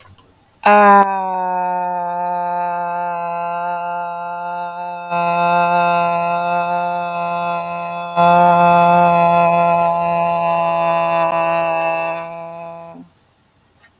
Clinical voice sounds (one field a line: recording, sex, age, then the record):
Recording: vowel held as long as possible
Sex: female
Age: 40 to 49 years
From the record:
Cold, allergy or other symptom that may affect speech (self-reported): no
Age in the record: 46 years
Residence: North Carolina, United States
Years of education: 16